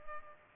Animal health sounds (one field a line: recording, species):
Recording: mosquito wingbeat signal from an infrared sensor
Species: Culex pipiens